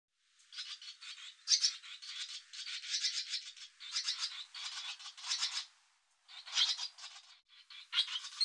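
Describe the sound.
Barn swallow giving a near-continuous dry, rattling twitter of fast scratchy notes, broken by short pauses before resuming.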